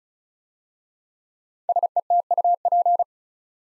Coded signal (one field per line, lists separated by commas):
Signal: Morse code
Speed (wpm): 36 wpm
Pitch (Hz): 700 Hz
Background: none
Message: SETUP